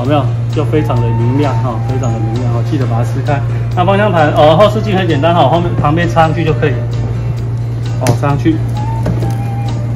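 Someone talks over background music while pushing the plastic rear-view mirror into its side mount on the body of a BMW M5 24V drift-edition, officially licensed, dual-drive children's ride-on electric car (SX2118). The clip ends before the mirror goes home, so nothing has seated or clicked yet.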